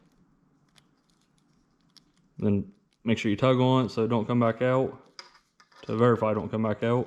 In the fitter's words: press it then you'll hear it click